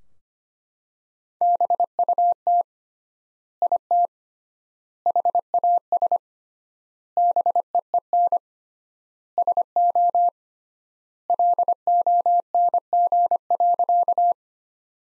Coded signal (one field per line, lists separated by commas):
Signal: Morse code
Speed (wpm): 25 wpm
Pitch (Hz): 700 Hz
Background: none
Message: BUT IT HAS BEEN SO LONG.